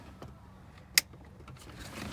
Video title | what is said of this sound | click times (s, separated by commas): JKU Carsoll Android radio installation | click boom down nice and easy pull down yam connector free | 1.0 s